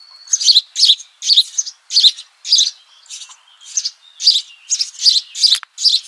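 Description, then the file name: House sparrow giving a steady run of loud, harsh chirps, roughly two per second, with a few softer notes and a brief click near the end. "Passer domesticus"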